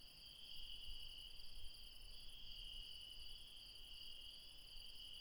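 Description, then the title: High, even insect trilling in layered bands runs throughout, with some low rumbling noise near the start. Late night in the mountains at Refuge Krevatia, Barbala, Dion, Greece. "Refuge Krevatia, Μπαρμπαλά, Dion 601 00, Greece - Late night mountain insects"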